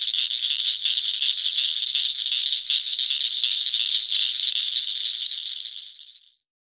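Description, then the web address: Northern cricket frog giving a continuous dense rattling trill at high pitch, steady for about six seconds before fading out. "Wildlife Sounds. Northern Cricket Frog"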